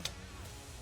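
Turning the 90° set screw on an arrow fletching jig rotates the nock holder until its internal indexing mechanism gives a single short click at 0.1 s, over a steady low background hum. The indexer has seated in the next vane position.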